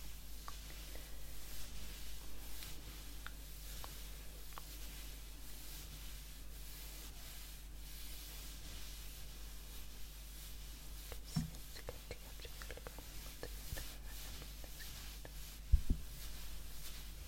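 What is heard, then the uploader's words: A quiet face massage with soft rubbing and brushing sounds over a low steady hum. Small clicks and taps scatter through, with a sharper touch near 11 seconds and the loudest tap just before 16 seconds. Face massage (skincare, personal attention).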